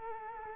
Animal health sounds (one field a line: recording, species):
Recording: mosquito wingbeat signal from an infrared sensor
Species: Culex quinquefasciatus